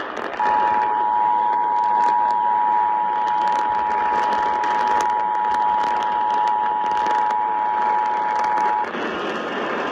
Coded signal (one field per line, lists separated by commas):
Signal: Emergency Alert System (SAME) tones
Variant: 853 and 960 Hz attention tone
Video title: EAS #1717 Flash Flood Warning on WTMJ-AM 6-15-22